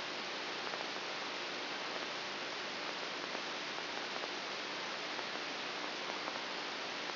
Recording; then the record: brain microelectrode recording played as sound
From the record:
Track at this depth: outside the subthalamic nucleus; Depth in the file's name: 6.84 mm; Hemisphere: right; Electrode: 2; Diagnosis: Parkinson's disease